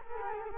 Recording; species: mosquito wingbeat signal from an infrared sensor; Culex quinquefasciatus